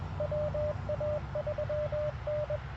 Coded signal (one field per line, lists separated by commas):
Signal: Morse code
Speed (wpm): 21 wpm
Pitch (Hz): 590 Hz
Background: radio noise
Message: WA3N